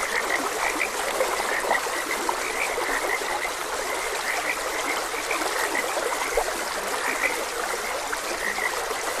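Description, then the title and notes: Several frogs give quick, clipped croaks while a stream trickles and rushes steadily underneath. Frogs croaking beside a gentle stream. "Gentle Stream and Frogs Croaking. Calming Sounds of Nature. Sleep and Relaxation Podcast"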